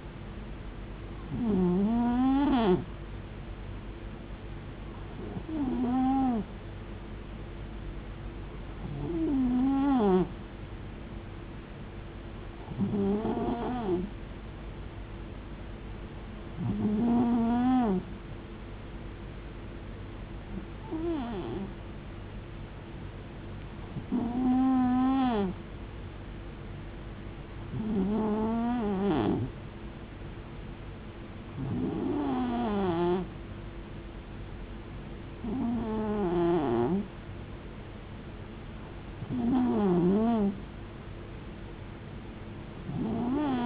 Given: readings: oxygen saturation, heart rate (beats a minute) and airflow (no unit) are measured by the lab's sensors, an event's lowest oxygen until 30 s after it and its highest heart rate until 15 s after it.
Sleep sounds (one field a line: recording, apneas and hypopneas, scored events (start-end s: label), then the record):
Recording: breathing in sleep by a voice recorder at the bedside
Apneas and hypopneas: none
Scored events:
none scored
From the record:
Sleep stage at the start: N2 (light sleep)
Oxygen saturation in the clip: 91 to 92%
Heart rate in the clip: 67 to 73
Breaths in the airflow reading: 12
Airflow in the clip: -5.3 to 4.7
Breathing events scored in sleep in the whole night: 389 in 6.3 hours asleep